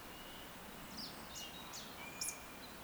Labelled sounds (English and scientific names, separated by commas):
Eurasian Woodcock (Scolopax rusticola) whistle, Eurasian Woodcock (Scolopax rusticola) croak